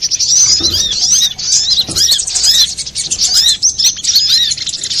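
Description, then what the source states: Little spiderhunter twittering continuously, with sharp high chirps and repeated arched notes over a quiet background. Master recording for training cage birds; Indonesian name sogok ontong, labelled Labaik.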